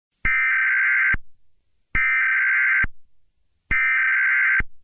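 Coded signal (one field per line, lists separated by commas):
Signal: Emergency Alert System (SAME) tones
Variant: header bursts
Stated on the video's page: Fictional EAS scenario using valid EAS tones, Persona 4 inspired.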